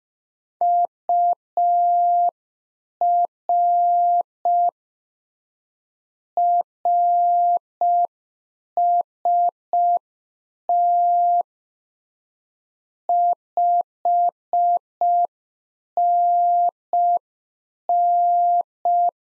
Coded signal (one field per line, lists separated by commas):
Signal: Morse code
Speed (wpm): 5 wpm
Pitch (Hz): 700 Hz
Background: none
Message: UR RST 5NN